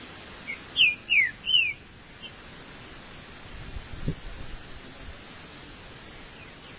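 Green-winged saltator song: one short phrase of three loud, slurred, downward whistles in quick succession, followed by quiet background with a brief low rumble.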